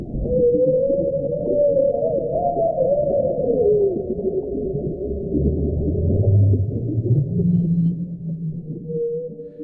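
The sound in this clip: Humpback whale song: a long drawn-out tone rising and falling slowly, with low rumbling moans underneath and a later higher tone returning near the end.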